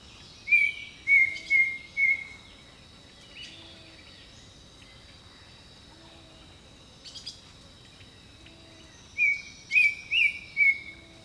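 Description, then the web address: Bird song in two bursts of four even whistled notes each, separated by several quieter seconds, with a continuous high-pitched buzzing throughout. Jungle birdsong. "Echoes of Nature - Jungle Talk Jungle Birdsong"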